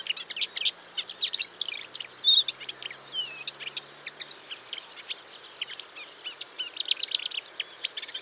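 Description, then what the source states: Bird song of quick high chirps and buzzy trills, busiest in the first half. Recorded in a marsh.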